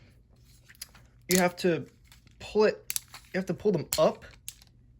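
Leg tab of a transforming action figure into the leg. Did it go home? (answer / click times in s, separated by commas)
no / none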